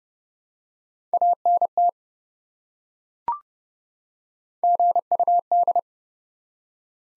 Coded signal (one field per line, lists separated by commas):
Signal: Morse code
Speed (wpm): 32 wpm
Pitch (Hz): 700 Hz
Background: none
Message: ANT GUD